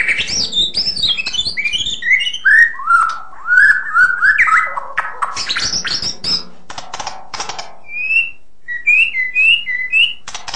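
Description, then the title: White-rumped shama song: a descending series of rich whistled notes, harsh rattling bursts, then short rising whistled phrases repeated after a pause. "kicau murai batu panjang"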